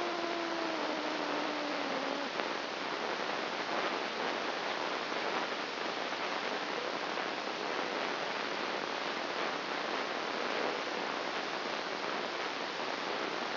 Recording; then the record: brain microelectrode recording played as sound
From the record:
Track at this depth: outside the subthalamic nucleus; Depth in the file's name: 0.407 mm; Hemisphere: right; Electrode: 2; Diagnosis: Parkinson's disease